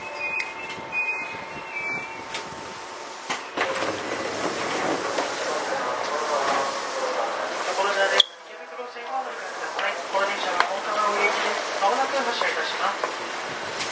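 Onboard a Seibu old 2000 series train, a steady tone and short chirping sounds fill the first few seconds. Around three and a half seconds a dense rumble of running noise begins, with voices mixed in; just after eight seconds the sound shifts abruptly and continues.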